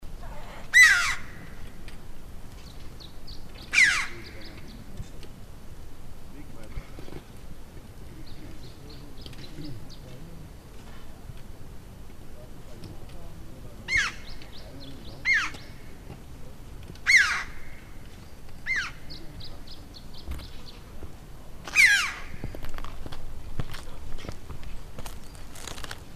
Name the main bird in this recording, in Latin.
Pyrrhocorax pyrrhocorax